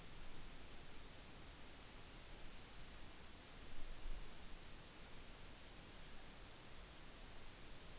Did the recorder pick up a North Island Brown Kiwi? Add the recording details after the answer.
no. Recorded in New Zealand on 8 June 2013. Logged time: 02:19